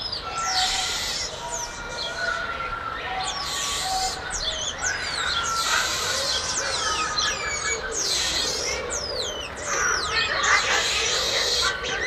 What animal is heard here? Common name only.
Cottontop Tamarin